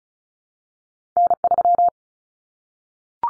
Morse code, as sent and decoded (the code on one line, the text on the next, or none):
-. ...--
N3